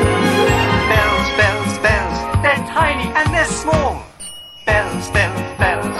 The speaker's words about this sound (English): In each and every land where peaceful harmony dwells, you will hear loud and clear the thunderous, wondrous sound of bells.